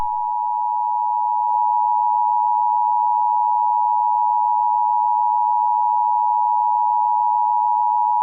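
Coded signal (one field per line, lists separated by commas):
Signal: Emergency Alert System (SAME) tones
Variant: 853 and 960 Hz attention tone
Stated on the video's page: Fictional EAS scenario.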